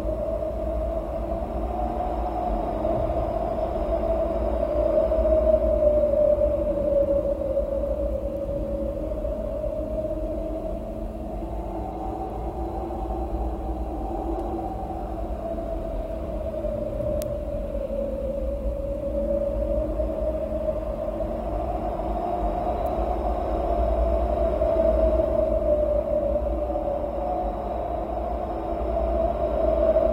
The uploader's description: sound of wind